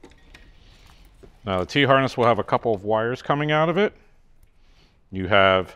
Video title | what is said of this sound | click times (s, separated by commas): Rockford Fosgate Head Unit, Speakers & Amp Installation - 2014+ Harley-Davidson Touring | listening for that click | 0.3 s